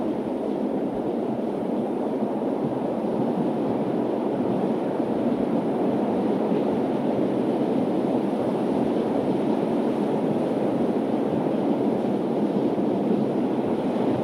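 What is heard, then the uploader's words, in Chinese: Ocean waves keep up a steady, dense roar with no pauses or clear individual breakers across the whole stretch. The sound sits in a low-to-middle rumble with little bright hiss, and its loudness stays nearly constant throughout. 海浪涛涛·层层不息。潮起潮落，风吹日晒，惊涛骇浪中。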